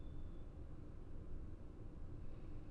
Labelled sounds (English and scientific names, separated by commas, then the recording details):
none
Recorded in Germany
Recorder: ecoPi